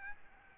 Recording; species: mosquito wingbeat signal from an infrared sensor; Aedes albopictus